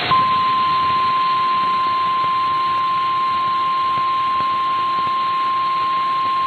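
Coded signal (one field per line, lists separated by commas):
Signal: Emergency Alert System (SAME) tones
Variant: 1050 Hz attention tone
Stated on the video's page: SAME tones on NOAA Weather Radio for mandatory evacuations and hurricane warnings from a hurricane in Florida.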